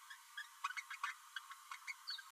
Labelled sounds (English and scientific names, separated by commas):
Green-rumped Parrotlet (Forpus passerinus) babbling